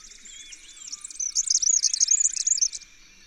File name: Red-backed Fairy-wren